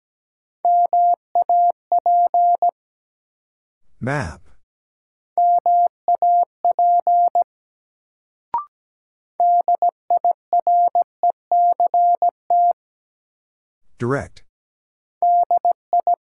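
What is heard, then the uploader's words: A word sent in Morse code: a steady mid-pitched beep keyed on and off in quick dots and dashes, arriving in bursts separated by silences. Around 4 and 14 seconds a brief rough, sweeping noise cuts in, and a sharp click sounds near 8.5 seconds. First, the word is sent in Morse code.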